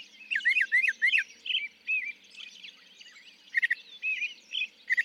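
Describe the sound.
Northern mockingbird song with three quick rising slurs, then a string of varied twisting warbled phrases and short chirps.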